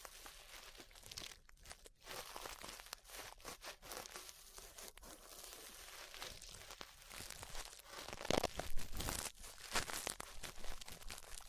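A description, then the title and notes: Brushing sounds scrape and rustle steadily for the whole stretch, a dense, crackly, crinkling texture with a bright hiss on top. Brief pauses break it near two and five seconds, and the strokes grow louder and rougher after about eight seconds. ASMR Relaxing 3Dio Ear Brushing (No Talking).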